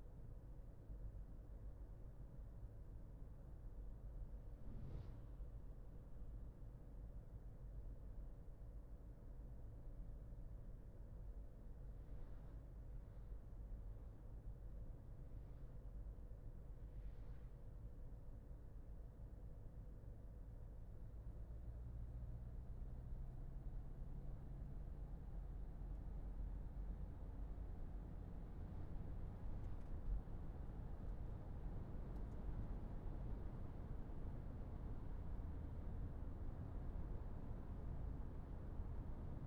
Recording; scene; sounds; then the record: everyday scene through a hearing-aid microphone; in a vehicle; engine, traffic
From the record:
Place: Berlingo II, diesel engine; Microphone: behind the ear, left, front